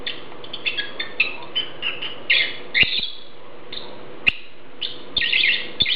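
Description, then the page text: Lovebird calls, rapid harsh shrill chirps running together into busy bursts, with a low hum and a few loud clicks underneath. "Попугай неразлучник - Голос"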